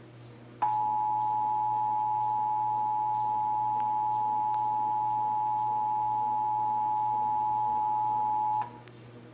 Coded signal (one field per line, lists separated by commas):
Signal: Emergency Alert System (SAME) tones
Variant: 853 and 960 Hz attention tone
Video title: (EAS #537-544) November 2023 Texas Required Monthly Test